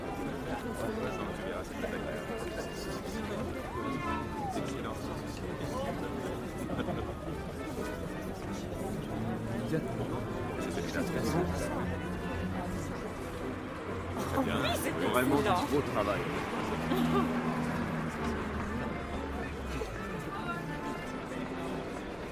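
Parisian café ambiance with a steady murmur of overlapping voices, a low rumble underneath, and slightly louder, busier chatter around fifteen seconds.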